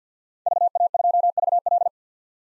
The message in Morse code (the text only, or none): VA2VL